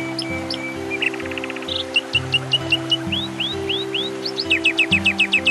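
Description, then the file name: Canary singing a fast run of short notes, then a series of upswept whistles and a closing rapid trill, with low humming tones changing in the background. Canary song combined with nature sounds. "suara kenari dan suara alam"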